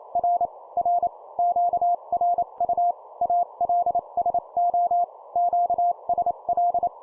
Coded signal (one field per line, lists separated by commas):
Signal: Morse code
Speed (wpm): 28 wpm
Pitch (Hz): 700 Hz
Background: none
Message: R R QRU ALSO QSL